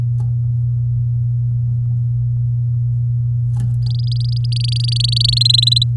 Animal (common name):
Domestic Canary